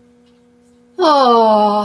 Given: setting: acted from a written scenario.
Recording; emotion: vocal sound without words; adoration